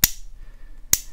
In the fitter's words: wondering if this is like a flimsy thing not at all right you can hear that snap here